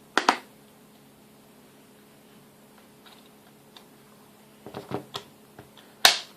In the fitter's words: we really touch the buttstock until it clicks